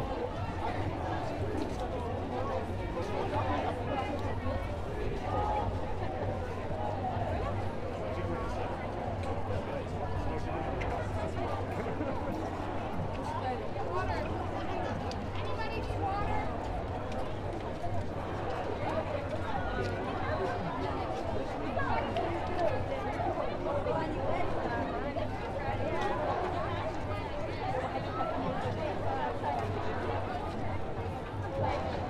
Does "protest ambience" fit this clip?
yes